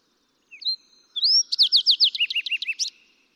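Fox sparrow song: a short rising whistle, then a clear slurred note leading into a quick series of sweet, bouncing whistled notes ending in a buzzy flourish.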